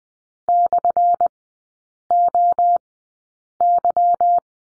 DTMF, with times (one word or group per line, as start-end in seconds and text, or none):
none